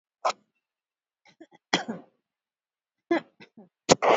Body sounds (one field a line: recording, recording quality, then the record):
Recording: heavy voluntary cough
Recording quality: excellent, no background noise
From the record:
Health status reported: COVID-19 positive, moderate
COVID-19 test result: positive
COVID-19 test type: RT-PCR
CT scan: not taken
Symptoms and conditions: fever, diabetes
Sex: female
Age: 52 years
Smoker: no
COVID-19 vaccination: one dose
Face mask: worn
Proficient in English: yes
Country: India